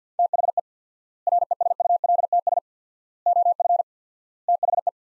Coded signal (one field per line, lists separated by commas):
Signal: Morse code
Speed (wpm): 50 wpm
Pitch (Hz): 700 Hz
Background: none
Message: THE RESULTS OF THE